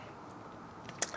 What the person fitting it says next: Listen to that crisp sound.